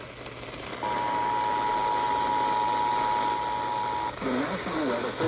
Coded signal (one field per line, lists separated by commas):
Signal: Emergency Alert System (SAME) tones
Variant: 853 and 960 Hz attention tone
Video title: EAS Alerts From 6/26/25: A Compilation (EAS 832-844)